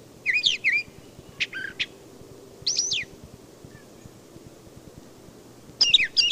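Brown thrasher song: short high phrases, mostly doubled, separated by pauses, over a quiet background.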